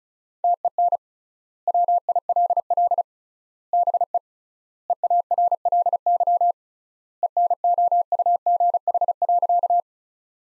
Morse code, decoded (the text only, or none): TEN WILL BE EARLY ENOUGH.